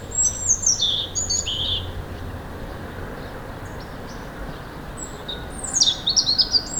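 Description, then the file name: European robin singing high, tinkling phrases of thin whistles and quick trills, one at the start and another after a long pause, with a faint low rumble underneath. "Erithacus rubecula"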